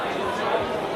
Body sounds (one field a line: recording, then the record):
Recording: background sound without coughing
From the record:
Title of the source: CITY SOUNDS Busy Bar in the Evening Night - 2 HOURS of Ambiance for Relaxation